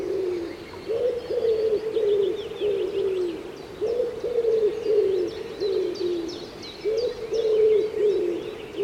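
Common Wood Pigeon song: soft, low cooing phrases repeated about every three seconds, while small birds twitter faintly in the background.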